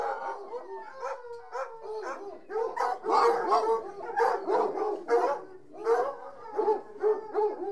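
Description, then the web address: Dog barking and yelping continuously, fast irregular barks mixed with higher whining notes, with no real pause. From the BBC Sound Effects Library, CD 38. "The BBC Sound Effects Library - Complete 60 CDs Collection Sound Effects Library-38 (Horses # 2 and Dogs)"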